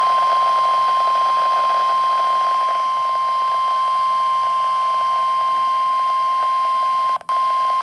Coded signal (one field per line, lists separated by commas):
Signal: Emergency Alert System (SAME) tones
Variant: 1050 Hz attention tone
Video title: Severe Thunderstorm Warning #20 (EAS #33) (6/13/2023)